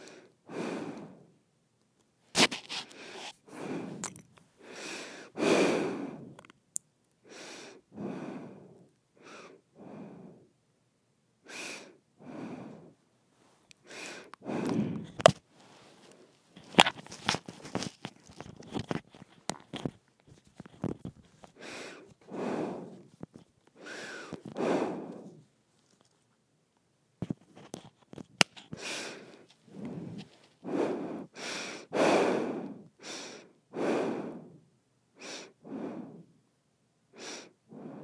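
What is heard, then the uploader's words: Dry nose breathing: a steady run of soft inhales and exhales, roughly one every second or two, each a brief airy hiss. A few sharper, snort-like sniffs cut in, especially around the middle, over silent pauses. ASMR Nose Breathing.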